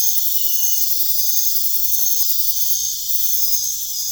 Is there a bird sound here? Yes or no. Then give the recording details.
no. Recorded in pastures near Puerto Asís, Putumayo, Colombia, on 23 June 2025 at 23:00. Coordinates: 0.466, -76.322. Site GP07